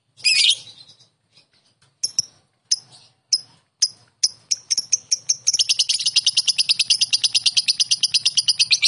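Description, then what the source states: Lovebird chattering song: a sharp burst of high chirps, scattered single ticks, then a rapid, continuous run of buzzy high notes to the end. Konslet song style.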